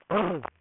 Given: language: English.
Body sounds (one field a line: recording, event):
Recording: throat vibration sensor signal played as sound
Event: throat clearing